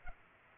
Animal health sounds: mosquito wingbeat signal from an infrared sensor; Culex pipiens

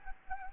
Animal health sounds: mosquito wingbeat signal from an infrared sensor; Anopheles gambiae

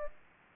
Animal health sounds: mosquito wingbeat signal from an infrared sensor; Anopheles gambiae

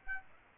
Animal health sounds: mosquito wingbeat signal from an infrared sensor; Aedes aegypti

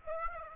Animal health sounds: mosquito wingbeat signal from an infrared sensor; Aedes aegypti

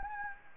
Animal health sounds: mosquito wingbeat signal from an infrared sensor; Anopheles gambiae

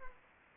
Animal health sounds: mosquito wingbeat signal from an infrared sensor; Aedes aegypti

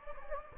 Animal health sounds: mosquito wingbeat signal from an infrared sensor; Anopheles gambiae

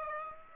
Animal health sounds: mosquito wingbeat signal from an infrared sensor; Aedes aegypti

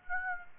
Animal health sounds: mosquito wingbeat signal from an infrared sensor; Aedes aegypti

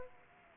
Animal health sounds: mosquito wingbeat signal from an infrared sensor; Aedes aegypti

